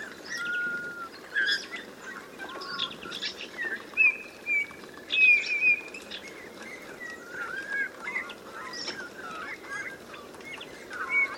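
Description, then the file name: Eurasian bullfinch giving soft, short whistled notes, some gently descending, scattered throughout among chirps and twitters of other small birds. "Pyrrhula pyrrhula"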